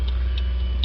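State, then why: Seated. After the 10 mm bolt is tightened, an electrical connector is pushed in by hand into its socket on the engine intake area of a Land Rover Discovery 5 3.0 diesel, over a steady low rumble with faint light ticks near 0.1 and 0.4 seconds. A sharp click at 0.8 seconds marks the connector seating in its socket.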